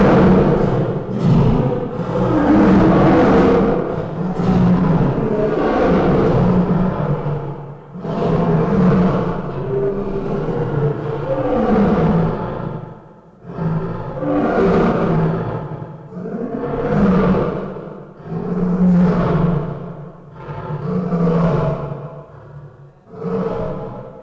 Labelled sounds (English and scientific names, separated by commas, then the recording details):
Lion (Panthera leo) call
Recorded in captivity
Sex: male
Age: adult
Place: Zoo Berlin, Berlin, DE
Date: 1959-08-21 09:10
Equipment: Reporter (Vollspur)
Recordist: TSA